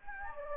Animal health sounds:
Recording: mosquito wingbeat signal from an infrared sensor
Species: Anopheles gambiae

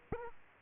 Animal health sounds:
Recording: mosquito wingbeat signal from an infrared sensor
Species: Aedes aegypti

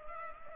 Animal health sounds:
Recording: mosquito wingbeat signal from an infrared sensor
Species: Culex pipiens

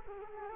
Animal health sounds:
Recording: mosquito wingbeat signal from an infrared sensor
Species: Culex quinquefasciatus

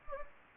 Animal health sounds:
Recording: mosquito wingbeat signal from an infrared sensor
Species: Anopheles gambiae

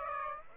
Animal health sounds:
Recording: mosquito wingbeat signal from an infrared sensor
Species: Aedes aegypti

